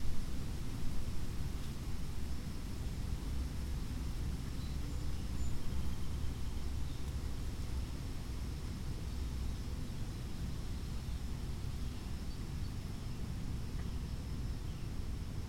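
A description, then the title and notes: Wind moves steadily through oak and hickory trees, a dense low rumble that stays constant for the whole stretch with only slight swells near the start and around five seconds. Faint high chirps and squeaks surface now and then above the roar. Warning: wind clipping audio throughout (especially in the left ear). Windy day in an oak and hickory stand adjacent to a mill pond.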